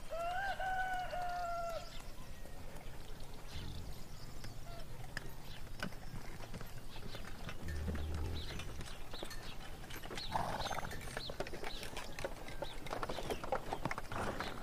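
Birds whistle and chirp over a steady murmur of town activity, with scattered clattering knocks, voices, and rumbling cart-like sounds throughout.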